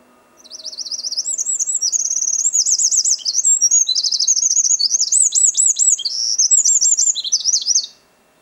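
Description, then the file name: Eurasian wren song, a loud, high, rapid torrent of trills and warbled notes running about seven and a half seconds, with a faint low hum beneath. "Troglodytes troglodytes"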